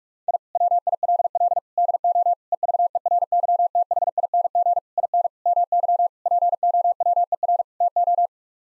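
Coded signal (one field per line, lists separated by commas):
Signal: Morse code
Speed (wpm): 46 wpm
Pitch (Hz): 700 Hz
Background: none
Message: I WILL DO EVERYTHING IN MY POWER TO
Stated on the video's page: Morse sent at 45 wpm as a head-copy drill of common English 8-word groups, each set sent, spoken, then sent again.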